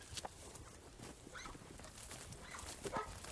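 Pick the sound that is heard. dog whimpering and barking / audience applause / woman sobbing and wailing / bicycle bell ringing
dog whimpering and barking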